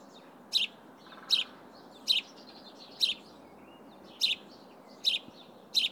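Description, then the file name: House sparrow chirping in a loose repeated series, each note short and bright, spaced about a second apart, with quiet background noise. "Passer domesticus"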